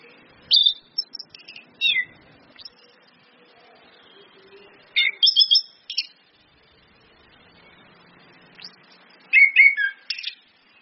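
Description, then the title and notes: Orange-headed thrush song in short bursts of sweet, varied whistled phrases, with a pause of several seconds between groups; quiet background otherwise. Indonesian training lure ('pancingan') of clear 'ngeplong' song with female whistles ('suitan betina'), meant to make birds sing eagerly ('gacor'). "PANCINGAN anis kembang ngeplong dan SUITAN BETINA. Masteran Anis Kembang"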